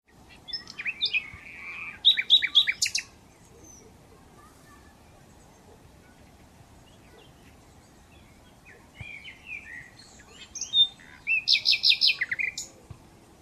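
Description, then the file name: Common nightingale song in two separate bursts, each a short run of varied notes ending in a rapid, rattling trill, separated by several seconds of quiet background hiss. "Luscinia megarhynchos"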